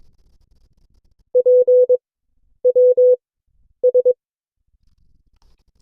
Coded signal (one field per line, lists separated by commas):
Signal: Morse code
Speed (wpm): 22 wpm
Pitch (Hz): 500 Hz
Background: none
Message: P W S